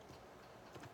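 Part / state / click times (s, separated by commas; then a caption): soldering iron tip into soldering pen handle / not seated / none. A replacement Hakko soldering tip is being handled and pushed toward the soldering pen handle, producing soft, low handling rustle with faint tick-like contacts and a slightly louder scrape around 0.8 seconds. Nothing has seated or clicked yet.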